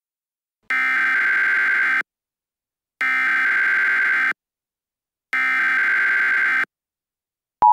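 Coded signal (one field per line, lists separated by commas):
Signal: Emergency Alert System (SAME) tones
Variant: header bursts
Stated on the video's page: Fictional EAS broadcast from a crossover fan episode, with audio from The Final Minutes and Oddcast.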